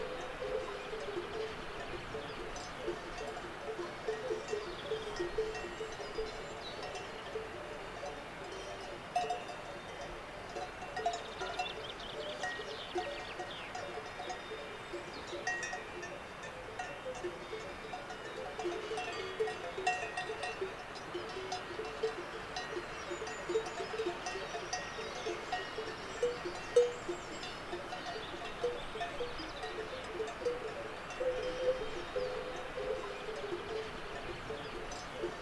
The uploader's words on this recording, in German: Alpenweide. Wir hören uns die weidenden Kühe auf einem Bergplateau an.